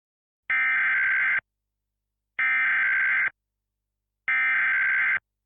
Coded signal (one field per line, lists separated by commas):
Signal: Emergency Alert System (SAME) tones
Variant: header bursts